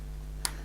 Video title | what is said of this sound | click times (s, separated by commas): Unboxing: ARRMA Senton 6S 4WD Short Course Truck | these little guys will actually snap into place | 0.5 s